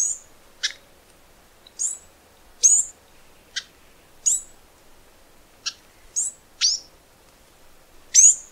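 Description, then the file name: Flame-crested Tanager song: isolated very high, thin notes that drop sharply in pitch, delivered irregularly with short pauses between. "canto do tie galo"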